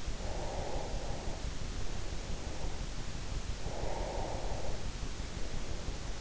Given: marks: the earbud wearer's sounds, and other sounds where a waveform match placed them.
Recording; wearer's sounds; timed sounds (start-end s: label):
sounds in sleep by an in-ear microphone; breath
0.00-1.65 s: breath
3.26-5.01 s: breath